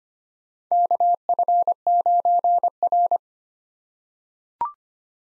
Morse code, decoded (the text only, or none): KF9R